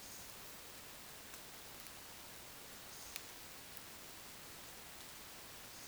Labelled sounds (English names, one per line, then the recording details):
Eurasian Woodcock whistle
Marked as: whistle, whistle, whistle
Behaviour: display flight
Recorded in Baden-Württemberg, Germany, on 10 June 2020 at 20:18 UTC
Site 45520, 595 m above sea level